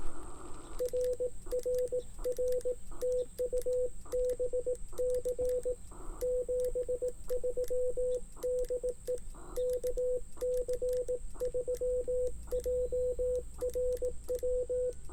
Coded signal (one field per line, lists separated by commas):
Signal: Morse code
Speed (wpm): 18 wpm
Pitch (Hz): 500 Hz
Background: radio noise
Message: RRR TU BC 73 DE KC3JRW